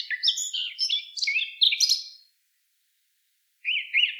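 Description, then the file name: Eurasian blackcap singing a hurried, varied warble of chattering and whistled notes for about two seconds, then silence before another phrase begins. "Sylvia atricapilla"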